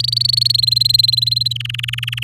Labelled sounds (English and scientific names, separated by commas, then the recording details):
Domestic Canary (Serinus canaria) song
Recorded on 6 May 2018 at 08:18
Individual llb16